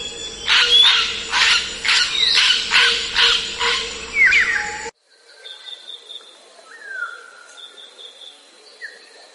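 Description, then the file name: Grey parrot calls: a series of harsh, loud squawks repeated roughly every half second, then a quieter stretch with a few short whistled notes. "canto do papagaio cinzento"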